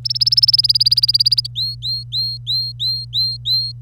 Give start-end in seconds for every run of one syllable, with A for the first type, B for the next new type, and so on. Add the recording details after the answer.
0.04-1.47 A, 1.56-3.72 B. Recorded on 25 April 2018 at 09:52. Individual llb3